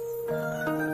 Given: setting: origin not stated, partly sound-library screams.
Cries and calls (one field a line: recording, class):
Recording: one-second piece from a danger detection set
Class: normal situation